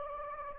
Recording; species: mosquito wingbeat signal from an infrared sensor; Anopheles gambiae